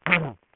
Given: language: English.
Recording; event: throat vibration sensor signal played as sound; throat clearing